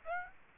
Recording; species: mosquito wingbeat signal from an infrared sensor; Aedes aegypti